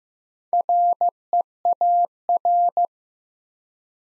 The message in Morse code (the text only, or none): REAR